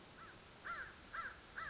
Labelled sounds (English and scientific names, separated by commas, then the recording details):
American Crow (Corvus brachyrhynchos)
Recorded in Sonoma County, California